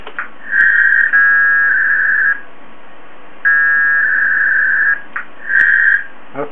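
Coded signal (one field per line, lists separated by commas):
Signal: packet radio (AX.25, as in APRS)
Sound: three short buzzing data bursts of rapidly alternating tones, separated by quiet hiss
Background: radio static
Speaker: we'll do the same thing list that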